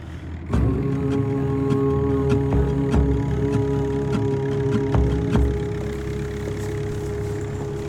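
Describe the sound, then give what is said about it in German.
A steady engine idles in an aircraft hangar with a low, droning hum and a sustained tonal whine, starting abruptly and holding evenly throughout, with faint intermittent clicks and knocks scattered over the drone. “Und keine 12 Stunden später stolpere ich in einen Flugzeughangar auf der Suche nach meinem Taxi Richtung Südpol.”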